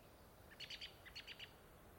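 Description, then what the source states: American Robin calls: two short clusters of sharp, high chirps, over a steady low background rumble. First bird voice, waking in near-silence before dawn around 03:41 on 25 June 2021, on an Okanogan County ridge of subalpine wet meadow, sagebrush scrub and conifer forest, in still air.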